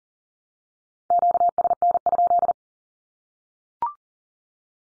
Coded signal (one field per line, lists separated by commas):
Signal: Morse code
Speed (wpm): 40 wpm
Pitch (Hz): 700 Hz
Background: none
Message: QSN?